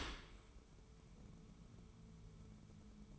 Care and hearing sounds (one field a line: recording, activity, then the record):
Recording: daily activity, microphone in the room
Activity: open dishwasher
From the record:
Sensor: 1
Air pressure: 1015.0 hPa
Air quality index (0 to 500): 25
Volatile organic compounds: 0 ppm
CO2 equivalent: 500 ppm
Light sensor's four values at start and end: 13/30/12/13 and 13/30/12/13